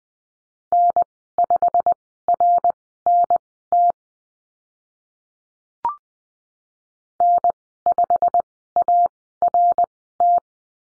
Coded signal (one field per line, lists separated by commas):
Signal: Morse code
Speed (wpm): 20 wpm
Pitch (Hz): 700 Hz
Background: none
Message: N5RNT N5ART